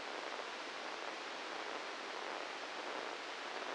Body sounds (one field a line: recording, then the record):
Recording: brain microelectrode recording played as sound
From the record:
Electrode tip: inside the subthalamic nucleus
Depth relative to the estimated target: -1 mm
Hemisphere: right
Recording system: NeuroSet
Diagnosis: Parkinson's disease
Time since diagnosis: 10 years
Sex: male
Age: 56 years